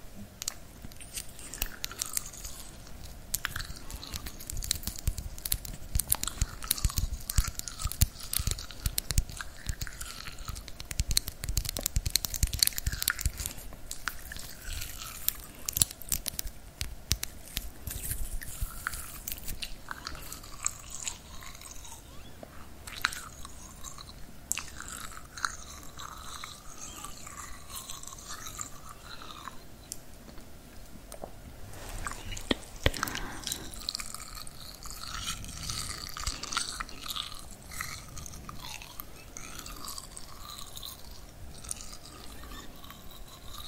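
Scalp massage with dense scratching and brushing runs throughout, a steady stream of fine, crackly, bright strokes. It swells around ten to twenty seconds and again briefly near thirty-three seconds, with a faint low hum underneath the whole time.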